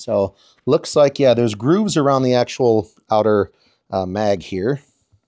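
Someone talks while handling an Exalt EMF100 / MG100 polymer flared magwell that is being fitted onto the existing magwell of a paintball marker, where it is meant to lock into the grooves around the outer edge. Only speech is heard, and nothing has seated or clicked yet.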